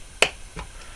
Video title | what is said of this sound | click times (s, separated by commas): Syma X8HG How to grease the motors easy | And it clicks into position. | 0.2 s